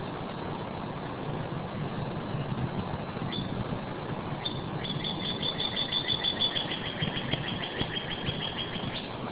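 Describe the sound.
Northern cardinal whistles, a run of quick, falling slurred notes in the second half, fairly faint against steady low rumbling noise.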